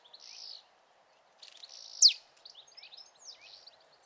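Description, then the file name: Marsh tit call: one sharp, high downward-sweeping note near the middle, among softer chirps and buzzy twitters. "Poecile palustris"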